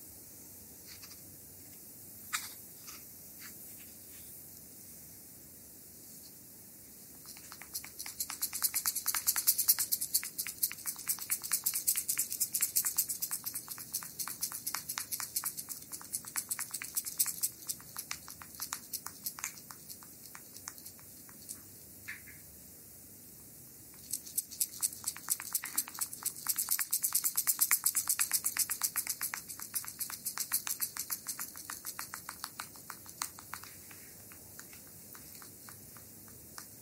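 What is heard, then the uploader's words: Bamboo sticks massage a body with rapid, dense rubbing and tapping, swelling into bright hissy bursts around ten and twenty-eight seconds. ASMR Bamboo full body Massage by Anna. Relaxing massage with bamboo sticks for our dear subscribers. The bamboo sticks are wrapped in a heating pad to warm them.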